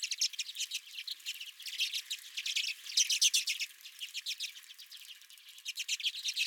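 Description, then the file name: Redpoll calls, quick dry twittering notes repeated in short runs by several birds. Several redpolls at the recordist's own feeder. "Redpolls at My Feeder"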